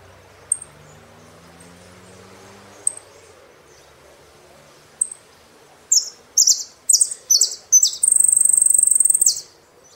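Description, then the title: Saffron finch: scattered high chips, then from about six seconds a burst of bright song notes ending in a sustained rapid trill. "Jilguero Argentino"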